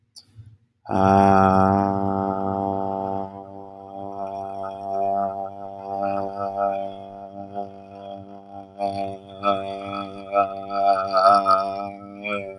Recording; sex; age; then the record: vowel held as long as possible; male; 20 to 29 years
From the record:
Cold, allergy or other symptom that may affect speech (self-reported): no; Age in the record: 28 years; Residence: New Jersey, United States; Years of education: 14